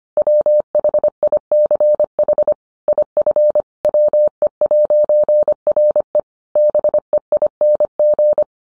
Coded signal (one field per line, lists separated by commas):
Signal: Morse code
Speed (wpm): 25 wpm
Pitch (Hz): 600 Hz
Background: none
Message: WHICH IF WE'RE BEING